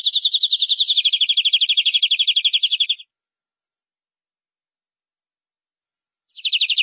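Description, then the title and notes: Canary trill: a clear, fast, even series of high notes lasting about three seconds, then silence before another trill starts. "BM Suara Burung Kenari"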